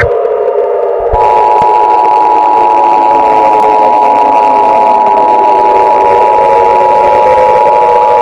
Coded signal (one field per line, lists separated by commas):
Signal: Emergency Alert System (SAME) tones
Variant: 853 and 960 Hz attention tone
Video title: Eas mock ty for 100 subs (sorry i have no moto for eas scenario )￼